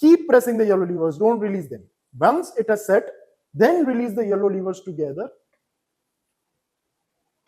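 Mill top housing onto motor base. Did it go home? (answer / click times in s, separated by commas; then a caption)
no / none. Someone talks while the top housing of a Softel millet grain mill is aligned onto the four pins of its motor base with both yellow levers held down. Speech fills the first 5.4 seconds, followed by near silence. Nothing has seated or clicked yet.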